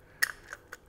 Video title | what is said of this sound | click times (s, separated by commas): Off Grid Power System: Step-by-Step Walkthrough + Wire Crimping Tutorial | it snaps over there the | 0.2 s